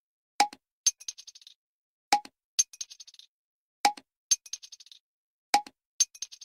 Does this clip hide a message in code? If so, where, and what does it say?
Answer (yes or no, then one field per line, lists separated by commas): no